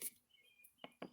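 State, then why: Released. Someone gently pries the bottom of a plastic door trim piece on a truck door/dash panel of a 2015-2020 Toyota Tacoma. Two short, sharp clicks are heard at 0.8 and 1.0 seconds as its retaining clip pops loose.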